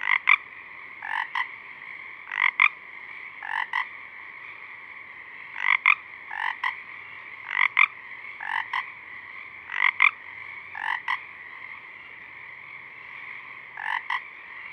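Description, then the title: Pacific chorus frogs calling, paired ribbits repeated throughout over a fainter, steady frog chorus. A few Pacific chorus frogs singing at dusk, recorded through a parabolic reflector. "Pacific Chorus Frogs (Pseudacris regilla), dusk, Parabolic"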